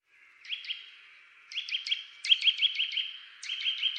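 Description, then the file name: Eurasian nuthatch giving bright, clear whistled notes in quick runs of several, several bursts throughout with no other sounds. "Sitta europaea"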